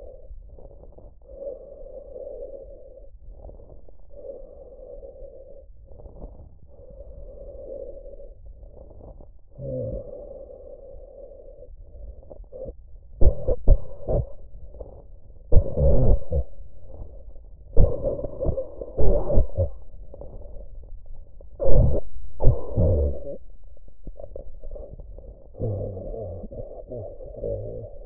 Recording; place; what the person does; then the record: lung sounds by stethoscope; trachea; quiet breathing, then cough and speech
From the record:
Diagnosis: pulmonary infection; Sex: male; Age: 69 years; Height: 184 cm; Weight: 115 kg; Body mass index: 34.0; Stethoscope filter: extended mode